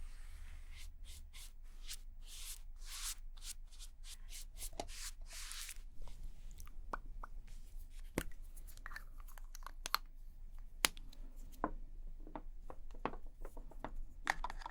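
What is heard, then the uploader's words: Someone doing makeup: soft brushing and rubbing strokes sweep across the skin in quick bursts for the first six seconds. After that the strokes give way to sparse light taps, clicks and small handling sounds, with a faint low hum underneath throughout. Doing Your Makeup ASMR No Talking.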